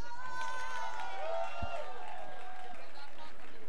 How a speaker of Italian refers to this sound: Ragazzi, un forte applauso, forte.